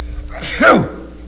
People sneezing.